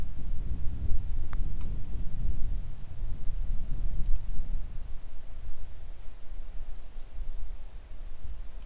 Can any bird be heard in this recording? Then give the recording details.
no. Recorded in the Arctic National Wildlife Refuge, Alaska, on 3 August 2019 at 10:17. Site 41